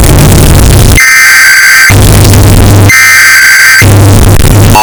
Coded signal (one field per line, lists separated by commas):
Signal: Emergency Alert System (SAME) tones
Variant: header bursts